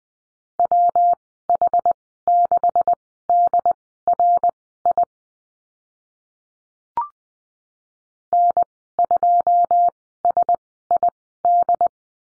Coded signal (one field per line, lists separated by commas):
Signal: Morse code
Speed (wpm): 20 wpm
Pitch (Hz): 700 Hz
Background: none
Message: WH6DRI N2SID